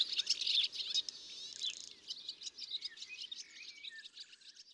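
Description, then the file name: European serin song, a brief burst of high jingling twitter at the start, then softer high chirps and fading trills. "Serin cini ABC des chants doiseaux"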